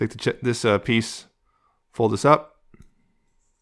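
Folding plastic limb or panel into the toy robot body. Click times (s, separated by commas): 2.7 s, 2.8 s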